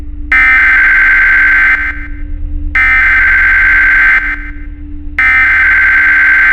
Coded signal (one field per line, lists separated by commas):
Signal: Emergency Alert System (SAME) tones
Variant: header bursts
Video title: Dixdos EAS Scenario Orange Night (REUPLOAD)